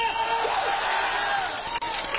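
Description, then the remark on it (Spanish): An audience shouts and cheers for joy, a dense, steady wall of many raised voices that stays loud throughout, with one brief dip near the end. “Hay un grito de júbilo, hermano, a ver si me despierto.”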